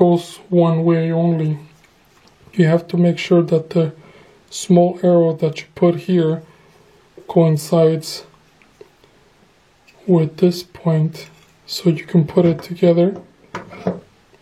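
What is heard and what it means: Someone talks while lining up a temperature handle, which fits only one way, on a thermostatic mixer valve so the small arrow on it matches the mark on the mixer body. Only light handling sounds are heard between the words. The handle has not been twisted home yet, and nothing has clicked into place.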